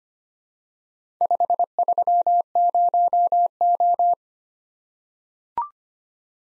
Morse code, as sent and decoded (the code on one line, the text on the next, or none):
..... ...-- ----- ---
530O